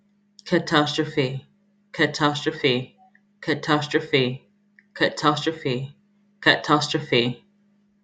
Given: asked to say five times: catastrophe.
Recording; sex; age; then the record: repeated word; female; 30 to 39 years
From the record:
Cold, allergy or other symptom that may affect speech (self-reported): no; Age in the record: 33 years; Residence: North Carolina, United States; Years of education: 0